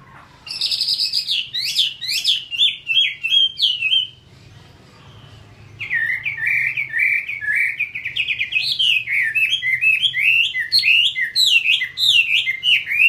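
Chinese hwamei song: bright whistled phrases, a short gap, then a long fast stream of rising and falling whistles with a faint low hum.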